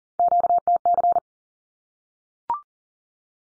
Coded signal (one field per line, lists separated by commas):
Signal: Morse code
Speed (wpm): 40 wpm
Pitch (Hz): 700 Hz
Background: none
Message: QTC